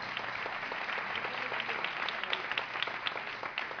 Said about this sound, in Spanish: Un aplauso para él.